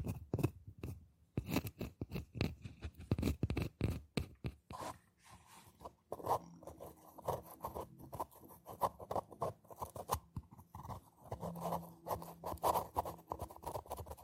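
Scratching on boxes and hollow objects, with quick bursts of scraping strokes that are dense and fast in the first six seconds. After that the scratching turns steadier and more continuous, with a hollow, resonant tone humming underneath and brief louder scrapes at irregular moments.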